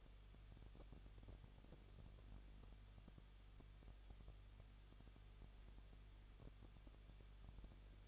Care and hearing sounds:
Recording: daily activity, microphone in the room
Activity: no activity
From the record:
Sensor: 4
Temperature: 23.0 degrees Celsius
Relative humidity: 34.0%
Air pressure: 1007.4 hPa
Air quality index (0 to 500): 214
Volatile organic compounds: 14 ppm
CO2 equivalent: 2460 ppm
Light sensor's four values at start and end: 2/3/1/1 and 2/3/1/1

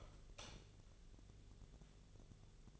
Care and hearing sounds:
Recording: daily activity, microphone in the room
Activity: light off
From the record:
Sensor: 4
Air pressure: 1000.9 hPa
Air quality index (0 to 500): 123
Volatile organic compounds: 1 ppm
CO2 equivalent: 929 ppm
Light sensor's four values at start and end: 34/84/35/38 and 33/79/33/35

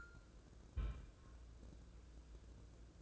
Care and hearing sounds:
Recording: daily activity, microphone in the room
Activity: place on stove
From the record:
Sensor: 2

